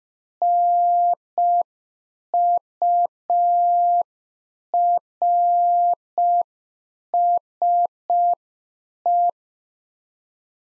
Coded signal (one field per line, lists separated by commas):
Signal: Morse code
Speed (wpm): 5 wpm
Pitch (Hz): 700 Hz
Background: none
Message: NURSE